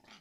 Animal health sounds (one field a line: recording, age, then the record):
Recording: pig call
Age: piglet (1 to 25 days)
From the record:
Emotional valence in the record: positive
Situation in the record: short reunion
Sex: male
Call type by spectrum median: low-frequency call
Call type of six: low-frequency tonal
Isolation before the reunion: 3 minutes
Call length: 0.21 s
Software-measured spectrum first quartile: 900 Hz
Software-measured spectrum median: 2194 Hz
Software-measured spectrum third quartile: 3713 Hz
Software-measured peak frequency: 209 Hz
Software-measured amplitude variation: 140 dB a second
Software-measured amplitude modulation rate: 21.6 a second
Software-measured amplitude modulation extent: 6.5 dB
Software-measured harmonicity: -0.7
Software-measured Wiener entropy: -1.00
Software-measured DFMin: 546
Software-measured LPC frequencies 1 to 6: 813, 1337, 2239, 3160, 4697, 5935 Hz